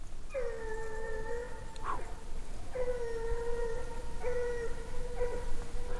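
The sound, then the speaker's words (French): A dog howls in long, steady, mid-pitched wails, two drawn-out howls with a brief break between them, then a third overlapping the end of the second, over a low background rumble. “Là, le chien, il est fort, hein, du coup.”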